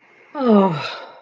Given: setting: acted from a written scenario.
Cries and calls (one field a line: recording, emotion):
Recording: vocal sound without words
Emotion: relief